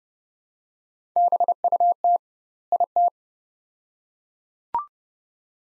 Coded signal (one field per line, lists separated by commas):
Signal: Morse code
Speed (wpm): 32 wpm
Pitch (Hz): 700 Hz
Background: none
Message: BUT IT